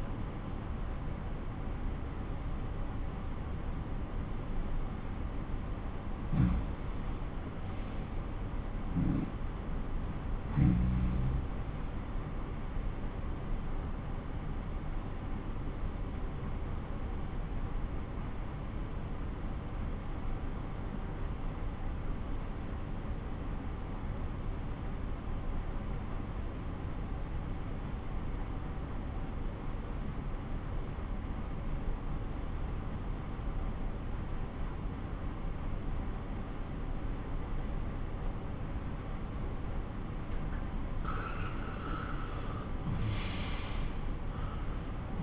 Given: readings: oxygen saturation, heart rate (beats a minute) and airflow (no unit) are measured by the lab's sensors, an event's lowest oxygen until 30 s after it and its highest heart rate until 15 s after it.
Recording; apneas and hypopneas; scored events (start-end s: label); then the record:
breathing in sleep by a smartphone at the bedside; 1
12.00-41.20 s: obstructive apnea (N2, oxygen 94% highest, then 88% lowest)
From the record:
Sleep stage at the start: N2 (light sleep); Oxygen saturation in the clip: 92 to 96%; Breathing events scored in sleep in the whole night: 217 in 6.3 hours asleep